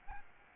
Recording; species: mosquito wingbeat signal from an infrared sensor; Aedes albopictus